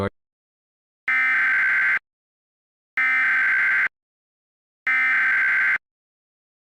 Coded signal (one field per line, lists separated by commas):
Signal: Emergency Alert System (SAME) tones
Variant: header bursts